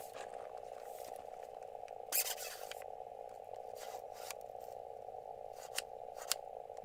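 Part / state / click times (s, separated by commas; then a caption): bottom piece being refitted onto portable field equipment / not seated / none. Someone refits the bottom piece onto portable field equipment after a temporary fix. Handling noise and sharp plastic knocks around 2.7, 4.3, 5.8, 6.3 and 6.9 s sound over a steady mid-pitched tone. The bottom piece has not locked into place and nothing has seated or clicked yet.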